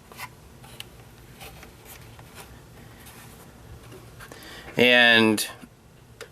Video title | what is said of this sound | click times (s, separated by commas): Snap Tite Star Wars Rogue One Imperial Star Destroyer | without the need of these stands they just fold up snap into place | 0.8 s